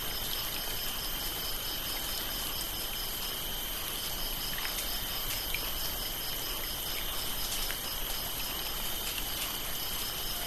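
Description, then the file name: Cricket chorus, several high continuous tones without a break, mixed with soft rainfall and occasional clicking drips. Rice field in Bali, Indonesia, during light rain dripping on leaves and concrete. "lukas tvrdon rain light drips on leaves concrete crickets frogs rice field bali indonesia"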